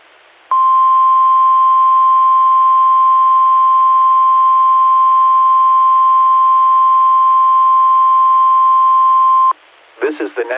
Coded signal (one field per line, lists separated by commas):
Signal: Emergency Alert System (SAME) tones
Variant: 1050 Hz attention tone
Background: speech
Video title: I Can Get These Now! RWT on WXJ85 (1/31/24) EAS 2186